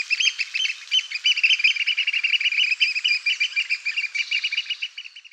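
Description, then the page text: Eurasian oystercatcher calling in quick, shrill kleep notes strung into a hurried, rhythmic sequence that tapers off at the end. "David Farrow - Кулик-сорока (Haematopus ostralegus)"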